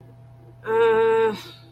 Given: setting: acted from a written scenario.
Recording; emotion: vocal sound without words; confusion